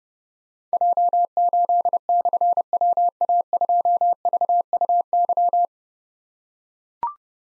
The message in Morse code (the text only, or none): J8/WA2VUY